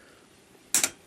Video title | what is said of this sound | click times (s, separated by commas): ToQGer DX TEI-OH: EmGo's Super Sentai Reviews N' Stuff | will lock into place and you can't move it anymore you can force it but you'll end up breaking something so just | 0.7 s